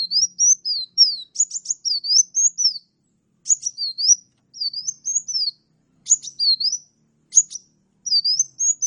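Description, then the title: Oriental magpie-robin song: repeated melodic whistled phrases that rise and fall, each with sharp clicky notes, spaced by short silences. Champion magpie-robin singing lively and continuously; used to tutor caged songbirds (masteran). "Kacer Juara Gacor"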